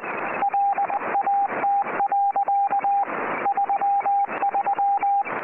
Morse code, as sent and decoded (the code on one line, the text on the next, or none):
.-.. .- - .-.-.- / ...-- ...--
LAT. 33